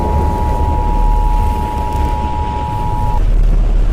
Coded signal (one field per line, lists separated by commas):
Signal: Emergency Alert System (SAME) tones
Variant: 853 and 960 Hz attention tone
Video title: s h r i n k i n g s u n - EAS Scenario